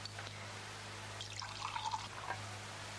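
A thin stream of cold water is poured slowly, little by little, into a standard flour dough used for puri and samosas, trickling with soft splashing and faint gurgling over a low steady hum, no voices.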